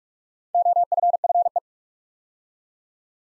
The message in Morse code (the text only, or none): OFFE